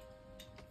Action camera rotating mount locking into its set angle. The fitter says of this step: and then you can rotate it and it actually locks into place. That is a